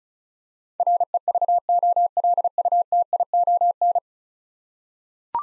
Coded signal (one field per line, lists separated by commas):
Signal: Morse code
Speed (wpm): 34 wpm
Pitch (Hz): 700 Hz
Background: none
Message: REVOLUTION